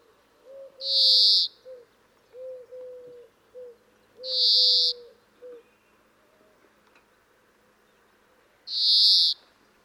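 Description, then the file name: European greenfinch giving three drawn-out buzzy wheezing notes, with soft low hooting notes in between. "Chloris chloris"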